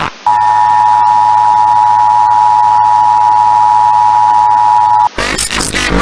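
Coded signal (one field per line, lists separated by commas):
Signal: Emergency Alert System (SAME) tones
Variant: 853 and 960 Hz attention tone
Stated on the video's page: Fictional EAS scenario alert about a cybug warning.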